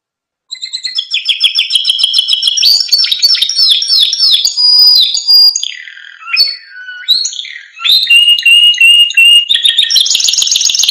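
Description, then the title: Canary singing a rapid string of rolling trills and downslurred notes, a short pause with scattered chips, then a steady whistled tone and a bright buzzy trill. Caged canary singing in full, energetic form (gacor) with varied song phrases (full isian); used as a master training recording for lovebirds, magpie robins, canaries and green leafbirds. "Masteran Kenari Gacor Full Isian Untuk Lovebird, Murai Batu, Kenari, Cucak Ijo"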